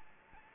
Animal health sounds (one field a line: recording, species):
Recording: mosquito wingbeat signal from an infrared sensor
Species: Anopheles gambiae